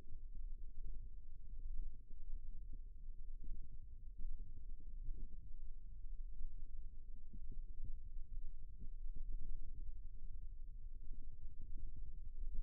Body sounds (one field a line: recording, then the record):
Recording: forearm muscle sounds (acoustic myography)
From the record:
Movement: rest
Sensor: system 1, eight BSWA MPA416 microphones around the upper forearm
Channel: 5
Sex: male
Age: 54 years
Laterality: right